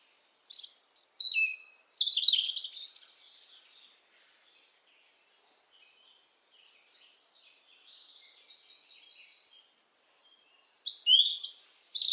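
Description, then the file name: European robin song in several high, varied phrases, mixing sweet slurred notes with fast trilled runs, separated by short pauses. "Erithacus rubecula"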